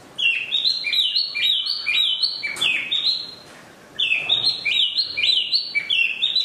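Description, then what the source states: Chinese hwamei song: bursts of loud, rising whistled notes in quick runs, a short pause, then another rapid run of upslurred whistles. Used for training cage birds (omkicau).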